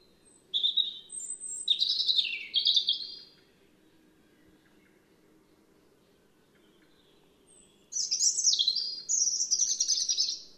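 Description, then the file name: European robin song: two bursts of high, jumbled, silvery notes and trills separated by a quiet gap of several seconds. "Erithacus rubecula"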